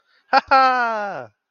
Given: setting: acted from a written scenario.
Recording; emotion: vocal sound without words; positive surprise